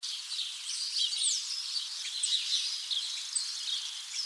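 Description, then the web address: Bird calls, high thin chirps and short whistled notes scattered throughout, over a steady high hiss. "Ghost. Birds"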